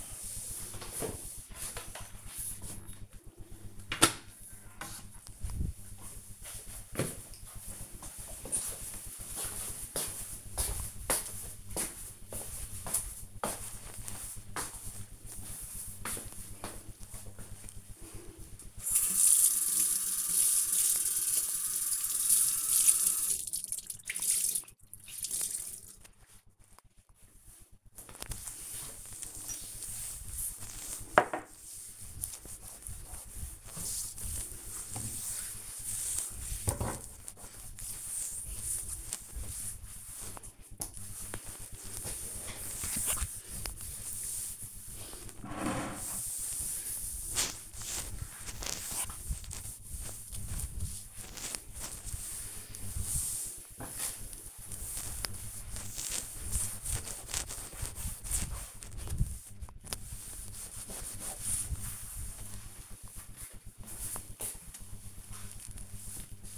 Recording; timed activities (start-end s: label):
household activities, microphone on the right wrist
0.00-2.87 s: floor cleaning
16.97-63.30 s: cleaning table